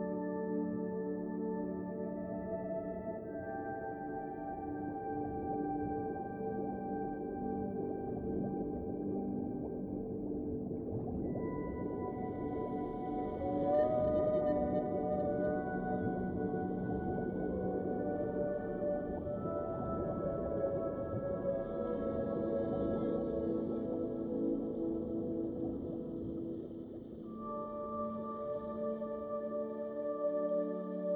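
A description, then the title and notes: Whale song of drawn-out, sliding calls rises and falls over sustained, hazy ambient music tones and a steady low ocean rumble throughout. A meditative and healing Whale Song with a mixture of Humpback whale calls, calming ocean noises and relaxing ambient music.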